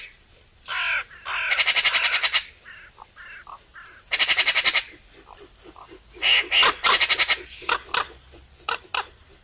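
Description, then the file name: Eurasian magpie giving rapid, harsh rattling chatters in a few bursts of pulses, mixed with scratchy single notes. "Pica pica"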